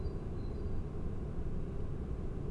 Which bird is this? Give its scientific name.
Parus major